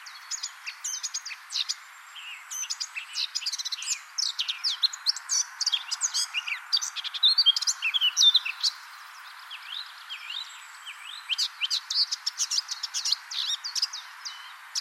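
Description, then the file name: Eurasian blackcap song, a busy chattering warble of quick, varied notes that comes in several bursts separated by short silences, with a break around the tenth second. "Sylvia atricapilla"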